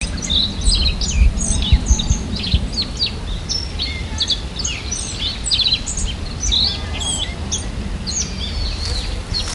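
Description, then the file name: Black-faced bunting calls: short, thin, high chirps given irregularly and often, over a constant low rumbling background noise. "aoji"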